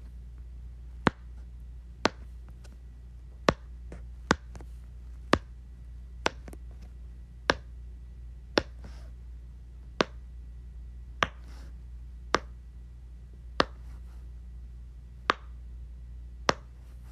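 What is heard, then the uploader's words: Someone plays with a Pop-It, pressing out sharp little pops one at a time, roughly once a second and a little uneven in spacing. Each pop is a short bright click with a faint trailing rustle. A steady low hum runs underneath throughout. ASMR Playing with my Pop-It.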